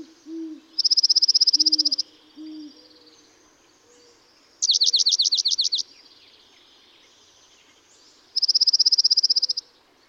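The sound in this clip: Dark-eyed junco song: a fast, even, high trill, then a slower trill of buzzy down-up notes, then the fast trill again, with soft low hooting notes underneath.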